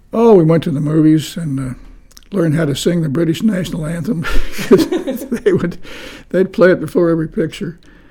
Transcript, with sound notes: Oh, we went to the movies and…learned how to sing the British National Anthem, [laughter] because they would, they’d play it before every picture.